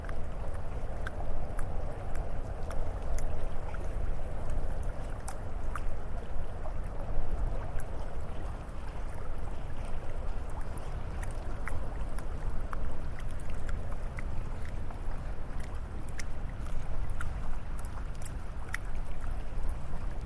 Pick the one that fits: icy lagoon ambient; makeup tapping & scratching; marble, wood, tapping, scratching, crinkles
icy lagoon ambient